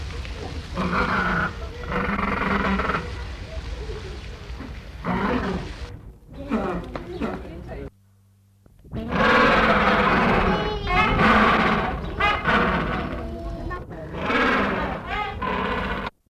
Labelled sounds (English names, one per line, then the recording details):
Gentoo Penguin call
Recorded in captivity
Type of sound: call
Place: Ruhrzoo Gelsenkirchen, Nordrhein-Westfalen, DE
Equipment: Halbspur, 9,5 cm/s
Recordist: Lütgens, Hans
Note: Rufe